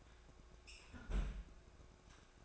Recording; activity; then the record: daily activity, microphone in the room; close fridge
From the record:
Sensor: 2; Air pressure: 1004.4 hPa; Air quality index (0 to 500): 185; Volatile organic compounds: 10 ppm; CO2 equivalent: 2218 ppm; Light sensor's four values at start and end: 4/10/4/4 and 4/10/4/4